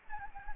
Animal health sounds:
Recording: mosquito wingbeat signal from an infrared sensor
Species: Anopheles gambiae

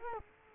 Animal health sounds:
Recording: mosquito wingbeat signal from an infrared sensor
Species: Culex quinquefasciatus

